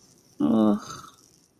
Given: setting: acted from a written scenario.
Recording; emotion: vocal sound without words; shame